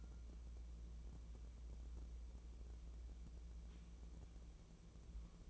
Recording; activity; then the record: daily activity, microphone in the room; wipe stove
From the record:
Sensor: 1